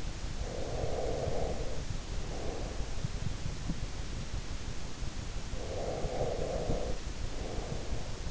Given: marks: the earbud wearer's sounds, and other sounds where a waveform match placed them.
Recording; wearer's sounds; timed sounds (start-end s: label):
sounds in sleep by an in-ear microphone; breath
0.49-3.11 s: breath
5.60-8.31 s: breath